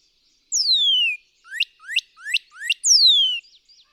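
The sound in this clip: Northern cardinal song: a long, clear whistle slurring downward, four quick rising whistled notes, then another long falling whistle.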